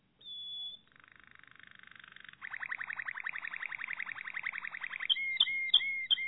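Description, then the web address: Canary song: a thin whistled note, then a buzzy roll and a long rapid rattling trill, ending in sharp ringing notes that drop quickly. Malinois (Waterslager) breed canary, song. "~joaopt canarios racas canto malinoiss"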